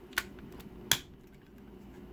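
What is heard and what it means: A plastic tab on a Transformers Studio Series 86 Slug (Slag) action figure is pushed into its slot, with a lighter tick at about 0.2 s before a sharp snap at 0.9 s. The tab seats in the slot.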